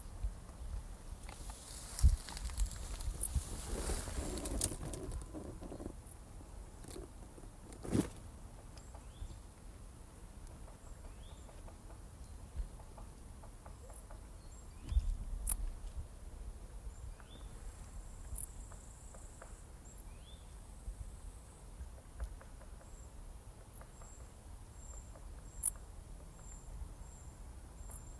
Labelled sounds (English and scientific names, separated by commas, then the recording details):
Dark Bush-cricket (Pholidoptera griseoaptera) stridulation
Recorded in the wild
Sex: male
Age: imago
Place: Strausberg, Barnim, Brandenburg, DE
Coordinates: 52.5375, 13.8989
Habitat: forest
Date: 1989-08-12 17:53
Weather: 26°C im Schatten
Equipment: Riporter 6 RG-K, Halbspur, Sennheiser MKH 416 T
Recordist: Frommolt, Karl-Heinz